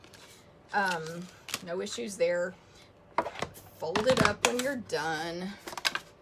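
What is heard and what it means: Someone talks while the plastic platform of a die-cutting machine is folded up after use, with a few short handling knocks around 3.2 s and 5.8–6.0 s. The platform has not popped into its stowed position yet; nothing has seated or clicked.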